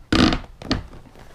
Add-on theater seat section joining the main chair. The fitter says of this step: we should be able to hear it click that's it chairs are now back together